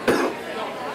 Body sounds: coughing mixed with background sound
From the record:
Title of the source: Coughing 77

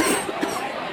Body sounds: coughing mixed with background sound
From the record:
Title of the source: 31 night wet cough

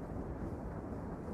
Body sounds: background sound without coughing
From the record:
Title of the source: Train Ride Ambience ambient white noise for sleeping, focus, studying, reading

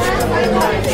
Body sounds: background sound without coughing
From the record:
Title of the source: Nightlife Party Simulating Party Club Noise 1 Hour

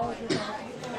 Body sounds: coughing mixed with background sound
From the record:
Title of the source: female coughing - coughing sound effects girl

